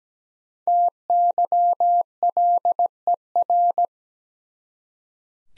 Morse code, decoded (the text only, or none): TYLER